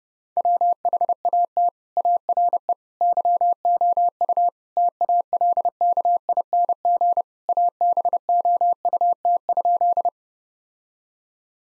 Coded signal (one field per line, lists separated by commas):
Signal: Morse code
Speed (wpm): 32 wpm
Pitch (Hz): 700 Hz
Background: none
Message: WHAT ARE YOU TALKING ABOUT?